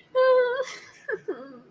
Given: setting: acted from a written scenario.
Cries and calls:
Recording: vocal sound without words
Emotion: sadness

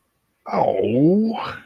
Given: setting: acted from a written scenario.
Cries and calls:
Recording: vocal sound without words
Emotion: disappointment

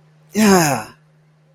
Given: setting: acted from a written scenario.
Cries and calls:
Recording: vocal sound without words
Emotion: pride

